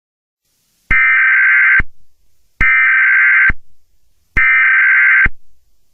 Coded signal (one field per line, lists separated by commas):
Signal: Emergency Alert System (SAME) tones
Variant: header bursts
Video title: EAS SCENARIO #46: I-Ready Characters